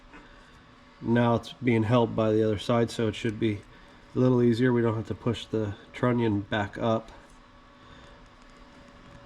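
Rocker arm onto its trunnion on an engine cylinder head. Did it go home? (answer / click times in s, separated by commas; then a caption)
no / none. A rocker arm is being handled onto its trunnion on a rebuilt LS cylinder head, with the other side already holding it in place so the trunnion doesn't need pushing back up. Someone talks throughout over a low steady background hum. Nothing has seated or clicked yet; the clip ends just before the part goes home.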